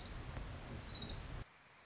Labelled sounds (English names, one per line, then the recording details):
Orange-crowned Warbler
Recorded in Sonoma County, California